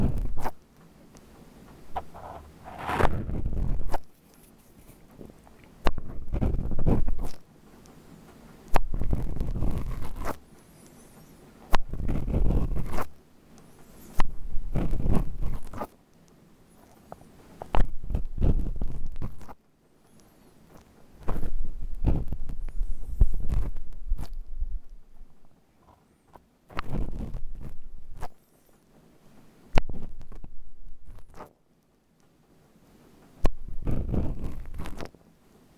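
Ear cleaning: bursts of scratchy rubbing and rustling, each lasting a second or two, repeating regularly with short quiet gaps between.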